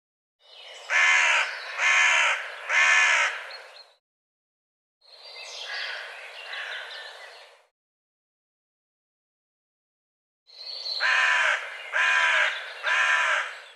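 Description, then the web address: Bird: harsh crow-like caws in three bursts separated by silences, the first and last with three loud calls each, the middle one softer. "cianscape birddata Deverinetal"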